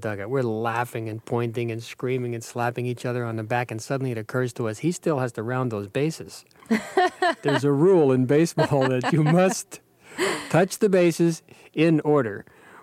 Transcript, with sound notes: We're laughing and pointing and screaming and slapping each other on the back. And suddenly, it occurs to us he still has to round those bases.
(Laughter).
There's a rule in baseball that you must touch the bases in order.